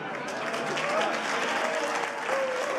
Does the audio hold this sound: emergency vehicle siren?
no